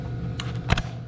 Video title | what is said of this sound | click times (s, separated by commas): How to Use a Pool Vacuum | and it just snaps into place | 0.4 s, 0.7 s